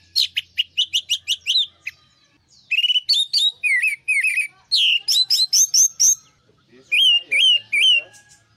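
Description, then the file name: Orange-headed thrush singing a run of quick repeated notes, then dense varied warbling, closing with three whistled notes that dip and rise. Indonesian name anis merah; song used as a master recording for training birds. "suara masteran anis merah"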